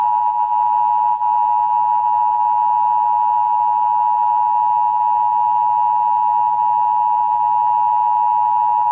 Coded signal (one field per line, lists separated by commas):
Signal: Emergency Alert System (SAME) tones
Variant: 853 and 960 Hz attention tone